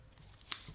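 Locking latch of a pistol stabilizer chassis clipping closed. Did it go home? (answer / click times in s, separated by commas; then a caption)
yes / 0.4 s, 0.5 s. The small locking latch on a polymer Recover 20/20 stabilizer chassis fitted around a Glock pistol is clipped back in. Two sharp small clicks are heard at 0.4 s and 0.5 s, and the latch clips shut and locks.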